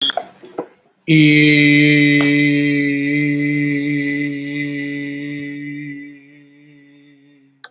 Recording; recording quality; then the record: sustained vowel as in beet; excellent, no background noise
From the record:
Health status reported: exposed to COVID-19, no respiratory illness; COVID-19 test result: negative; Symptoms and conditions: diabetes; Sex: male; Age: 50 years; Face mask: worn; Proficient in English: yes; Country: India